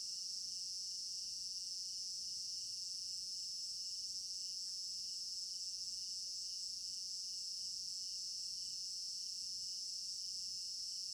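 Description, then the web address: Crickets produce an even, high ringing trill, joined by a beating chirp that repeats rapidly and never pauses. African village garden at night; stereo binaural recording. "African-Village Garden Night Crickets 03 Stereo-Binaural. immersive sound library"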